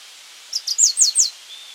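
Yellow-striped brush finch giving a short series of five thin, very high notes, each sliding downward, followed by a faint drawn-out whistle over light hiss.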